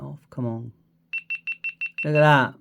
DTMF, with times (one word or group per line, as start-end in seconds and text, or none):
none